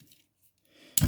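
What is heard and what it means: On an old seat wiring harness from a Renault Scenic 3, a flat screwdriver presses the electrical connector's locking tab and tips its locking bar backwards on its mating connector. After a quiet stretch with faint handling, a sharp, loud click is heard at 1.0 s. The locking bar unlatches and the connector is released.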